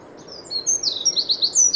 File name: Troglodytes troglodytes